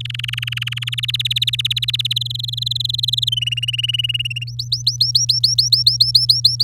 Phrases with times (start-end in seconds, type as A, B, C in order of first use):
0.00-0.89 A, 0.92-2.13 B, 2.16-3.29 C, 3.32-4.44 D, 4.47-6.64 E